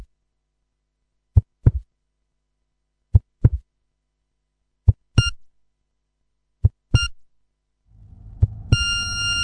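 Four slow double-thump heartbeats sound alone, the later ones joined by sharp electronic monitor beeps, before a low rumbling noise and a steady high tone take over at the end.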